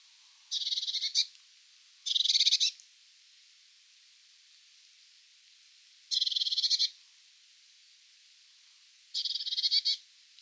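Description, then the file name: Eurasian blue tit giving buzzy churring scolds, four short harsh bursts spaced unevenly over ten seconds, with quiet gaps between them. "Cyanistes caeruleus"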